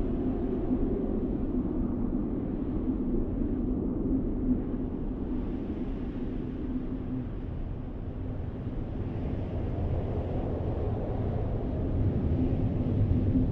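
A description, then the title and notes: A blizzard roars across an open field in a steady, dense rush of wind. The sound sits low and heavy, with a constant rumble and a hollow tone underneath, brightening slightly after the midpoint. No separate events break the unbroken howl. Blizzard in a field.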